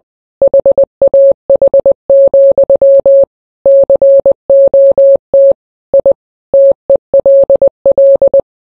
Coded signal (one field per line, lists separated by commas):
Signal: Morse code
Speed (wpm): 20 wpm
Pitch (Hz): 550 Hz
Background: none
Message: HAH, COT I TELL